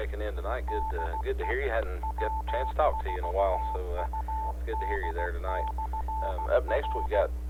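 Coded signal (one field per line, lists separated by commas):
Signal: Morse code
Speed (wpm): 16 wpm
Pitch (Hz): 880 Hz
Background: speech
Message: DE W4UD/R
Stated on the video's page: Memorial last call conducted on a two-meter net.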